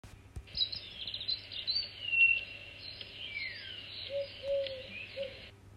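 Bird calls: thin high chirps and a downward-sliding whistle over a steady high hiss, with a few short lower notes near the end.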